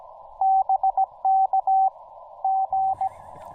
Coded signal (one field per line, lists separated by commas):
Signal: Morse code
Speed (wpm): 17 wpm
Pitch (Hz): 810 Hz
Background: radio noise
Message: BK G